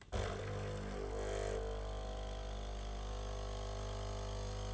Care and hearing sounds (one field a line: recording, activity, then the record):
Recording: daily activity, microphone in the room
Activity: make coffee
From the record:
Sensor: 4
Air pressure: 1010.2 hPa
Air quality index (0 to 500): 179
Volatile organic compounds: 5 ppm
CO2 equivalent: 1813 ppm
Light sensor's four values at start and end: 27/79/31/31 and 28/81/32/32